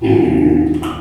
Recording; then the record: squeal of a Yucatan mini pig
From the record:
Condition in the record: before surgery on the right vocal fold (resection and tissue-engineered implant); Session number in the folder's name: 2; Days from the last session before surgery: -15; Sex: female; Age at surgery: 19 weeks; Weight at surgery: 25 kg